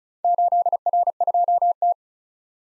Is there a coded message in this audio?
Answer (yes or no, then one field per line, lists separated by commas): yes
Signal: Morse code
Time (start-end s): 0.2-1.9 s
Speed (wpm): 36 wpm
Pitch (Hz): 700 Hz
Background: none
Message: 8R2T